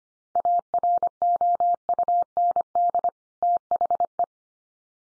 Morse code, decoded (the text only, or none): AROUND THE